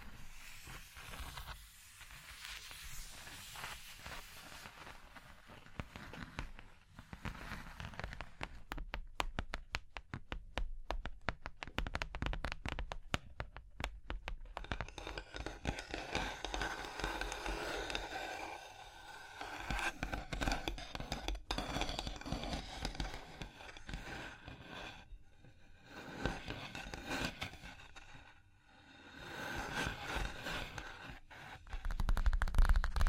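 Fingers tap, scratch and trace across a surface in a busy, continuous stream of close-together strokes. Around 8 to 14 seconds the sound turns into rapid clusters of sharp taps, then shifts back to smoother scratching and brushing, with brief pauses near 25 and 28 seconds.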